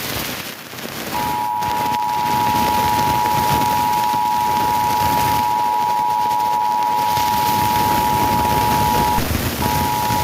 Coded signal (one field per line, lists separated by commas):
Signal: Emergency Alert System (SAME) tones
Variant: 853 and 960 Hz attention tone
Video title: Eas Alert #18 (VPTV-dt3) FIRE WARNING